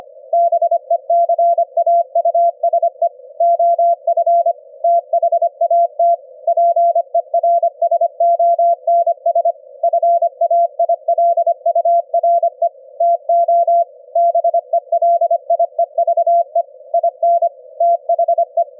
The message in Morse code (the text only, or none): BECAUSE OF THAT PERSONS FAILURE TO BELIEVE IN THE